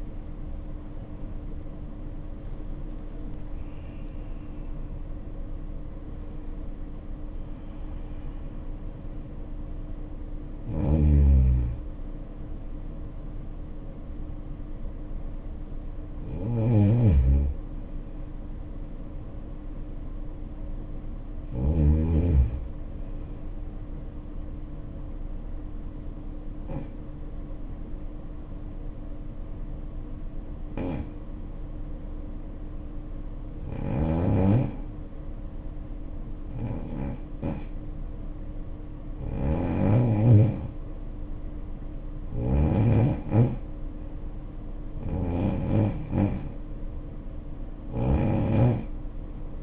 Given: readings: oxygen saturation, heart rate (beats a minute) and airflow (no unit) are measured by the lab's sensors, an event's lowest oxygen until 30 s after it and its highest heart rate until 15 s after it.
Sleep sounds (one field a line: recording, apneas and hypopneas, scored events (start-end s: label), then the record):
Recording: breathing in sleep by a smartphone at the bedside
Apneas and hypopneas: 1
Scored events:
0.00-18.00 s: awake
12.00-42.00 s: new sleep stage, N1 (lightest sleep)
26.00-41.10 s: hypopnea (N1, oxygen 94% highest, then 80% lowest, heart rate 65 at the start, 71 highest)
42.00-49.63 s: new sleep stage, awake
43.00-49.63 s: awake
From the record:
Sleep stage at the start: awake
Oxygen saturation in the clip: 66 to 94%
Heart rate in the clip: 62 to 79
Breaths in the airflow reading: 12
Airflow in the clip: -6.1 to 10.5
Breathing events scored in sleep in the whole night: 520 in 7.2 hours asleep